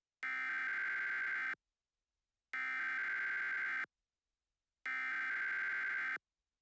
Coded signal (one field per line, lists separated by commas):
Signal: Emergency Alert System (SAME) tones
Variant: header bursts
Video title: Eas Scenario TheSuperiorRace Part One